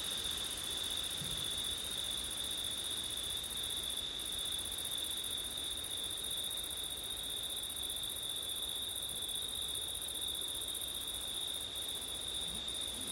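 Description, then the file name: Crickets producing a continuous, shrill, even trill with an overlying high buzz that drops out briefly a few times, wind rustling softly below. Crickets singing on a September night in wind, recorded with an ORTF setup. "crickets wind september night ortif"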